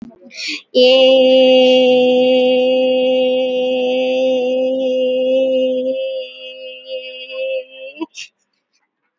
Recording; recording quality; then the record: sustained vowel as in made; excellent, no background noise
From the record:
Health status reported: COVID-19 positive, no symptoms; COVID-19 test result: positive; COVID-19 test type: RT-PCR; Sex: female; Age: 23 years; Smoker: no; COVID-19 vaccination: both doses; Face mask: worn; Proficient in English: yes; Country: India